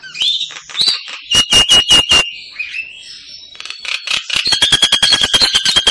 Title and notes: jalak_suren. Kumpulan Bermacam macam Kicauan Burung Masteran